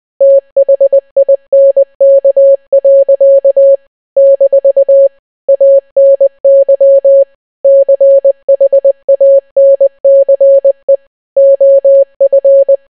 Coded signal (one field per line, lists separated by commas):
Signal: Morse code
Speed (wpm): 20 wpm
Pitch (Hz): 550 Hz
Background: none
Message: THINK. - ANY CHANCE OF